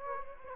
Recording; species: mosquito wingbeat signal from an infrared sensor; Anopheles gambiae